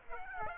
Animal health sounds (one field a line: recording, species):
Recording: mosquito wingbeat signal from an infrared sensor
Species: Aedes aegypti